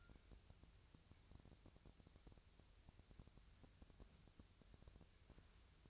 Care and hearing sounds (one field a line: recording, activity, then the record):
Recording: daily activity, microphone in the room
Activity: wipe stove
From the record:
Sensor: 2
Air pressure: 1001.5 hPa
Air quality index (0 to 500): 226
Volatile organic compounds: 25 ppm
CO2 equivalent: 2824 ppm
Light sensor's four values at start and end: 8/26/10/9 and 8/26/10/9